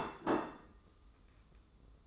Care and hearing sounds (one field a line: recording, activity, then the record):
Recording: daily activity, microphone in the room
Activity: place plate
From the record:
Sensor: 3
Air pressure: 995.3 hPa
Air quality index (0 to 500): 75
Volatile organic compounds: 5 ppm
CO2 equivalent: 1763 ppm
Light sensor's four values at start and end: 15/45/19/15 and 15/45/19/15